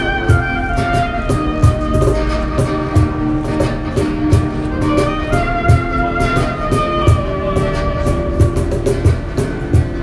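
Inside a metro station, a steady, quick rhythmic clatter repeats over sustained humming tones, forming a dense, unchanging wash of sound throughout.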